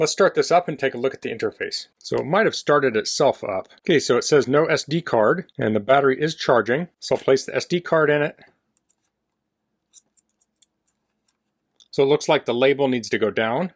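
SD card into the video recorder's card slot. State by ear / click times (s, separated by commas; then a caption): not seated / none. Someone talks while an SD card is lined up at the card slot of a DIGITNOW HDMI/Composite Digital Video Recorder and turned so the label faces down. In a quiet stretch from about 8.5 to 12 seconds, small faint taps and scrapes of the plastic card are heard, before the talking resumes. The card has not seated or clicked in yet.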